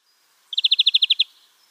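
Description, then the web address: European greenfinch song fragment: a single quick trill of about ten bright, evenly spaced notes lasting under a second, then quiet. "Schulze Peter European Greenfinch song"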